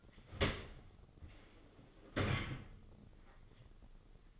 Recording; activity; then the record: daily activity, microphone in the room; open dishwasher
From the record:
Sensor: 4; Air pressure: 996.6 hPa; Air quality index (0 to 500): 88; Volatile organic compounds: 4 ppm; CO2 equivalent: 1703 ppm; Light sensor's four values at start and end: 20/53/21/23 and 19/52/20/22